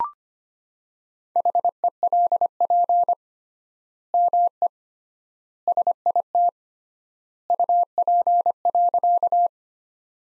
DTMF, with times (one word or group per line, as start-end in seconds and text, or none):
none